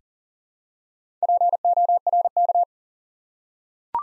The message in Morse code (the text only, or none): PORK